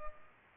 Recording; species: mosquito wingbeat signal from an infrared sensor; Culex pipiens